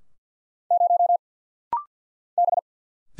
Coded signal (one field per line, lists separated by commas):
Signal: Morse code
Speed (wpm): 48 wpm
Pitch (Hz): 700 Hz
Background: none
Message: 0 B